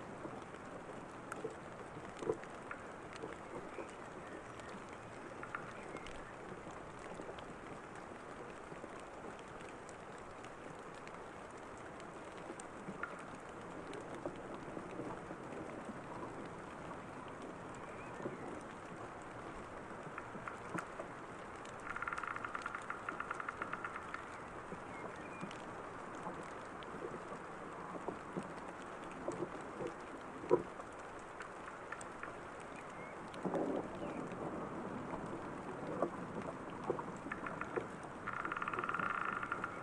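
Light rain patters steadily over a rushing waterfall, with brief brighter bursts of drizzle around twenty-two and thirty-four seconds.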